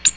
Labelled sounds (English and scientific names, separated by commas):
Ovenbird (Seiurus aurocapilla) flight call